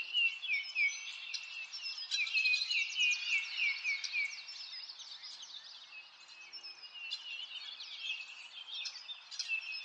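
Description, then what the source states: Birds in full chorus, a run of clear repeated descending chirps early on, fading into softer mingled twittering, then building again near the end. Birds in a forest.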